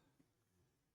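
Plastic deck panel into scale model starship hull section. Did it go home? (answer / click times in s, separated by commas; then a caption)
no / none. A plastic deck panel is handled against a lit scale-model starship hull section, with faint handling noises over a low background hum. The panel has not seated or clicked into place yet.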